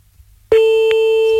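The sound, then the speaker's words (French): A telephone ringback tone while calling someone back after the call was cut off begins abruptly after near silence: a steady, loud electronic tone with a clear harmonic, holding without a break, with faint clicks along the line. “Bon, on va le rappeler du coup, j'espère que ça ira mieux là.”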